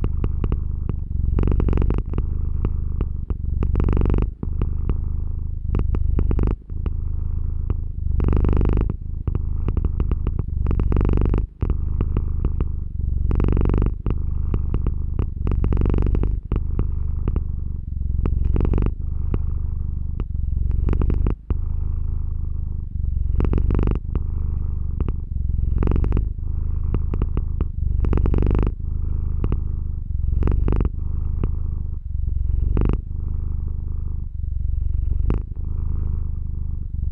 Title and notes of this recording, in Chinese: 偷錄萌寵豬豬睡著的超低音呼嚕聲。豬豬躺在沙發上睡著，不斷發出驚人的呼嚕聲